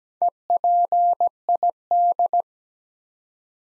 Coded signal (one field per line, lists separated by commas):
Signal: Morse code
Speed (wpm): 17 wpm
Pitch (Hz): 700 Hz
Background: none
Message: EPID